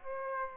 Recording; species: mosquito wingbeat signal from an infrared sensor; Aedes aegypti